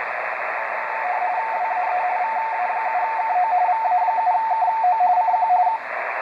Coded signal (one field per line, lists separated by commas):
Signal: RTTY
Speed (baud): 45.45 baud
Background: radio noise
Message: WAE VA7KO VA7KO CQ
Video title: Xiegu X5105 decoding RTTY during WAE RTTY contest November 2019